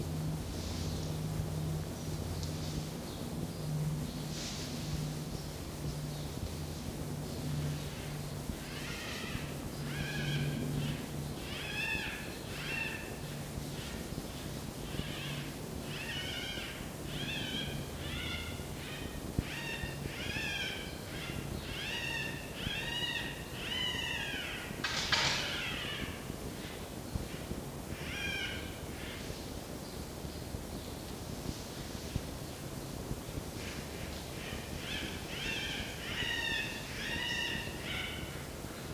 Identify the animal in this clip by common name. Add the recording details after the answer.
Red Fox. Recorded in captivity. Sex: female. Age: juvenile. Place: Zoologisches Institut der HUB, Berlin, DE. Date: 1953-04-10 12:25. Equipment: Elmetra. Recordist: Tembrock, Günter. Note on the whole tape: Fiffi-Welpe Nr. 2 auf dem Tisch: Quärren mit betontem Endlaut (Fiffi scharrt darauf an der Tür)